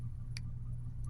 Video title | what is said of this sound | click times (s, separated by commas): Transformers One Aplha Trion | And they snap into place, too. | 0.4 s